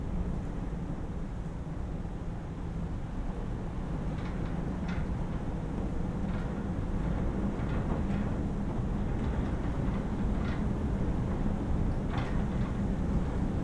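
Low wind moans steadily through the wires and marsh grasses, a dense murmuring rumble with brief faint rustles and clicks scattered throughout.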